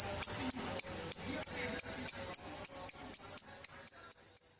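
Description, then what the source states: Lovebird song: a series of about fifteen sharp, high chirping notes repeated roughly three times a second, slowly fading toward the end. Intended for training other birds to copy (masteran).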